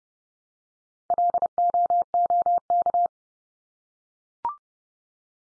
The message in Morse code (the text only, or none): LOOK